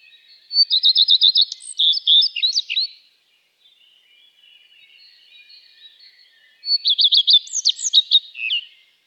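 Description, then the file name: Common redstart giving two song phrases of fast repeated high notes followed by a warbled, tumbling ending, with soft bird chatter in the pause between. "Gartenrotschwanz"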